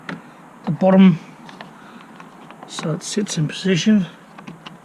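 A USB charging port module for a Zip is lined up at the bottom and set in position in the device housing while someone talks. Light handling taps are heard throughout. Nothing has seated or clicked into place yet.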